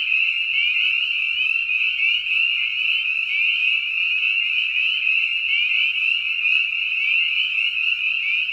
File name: spring peeper